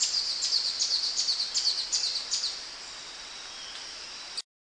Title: LuckyPassaro Completos2Sama. Streak-capped Antwren (Terenura maculata)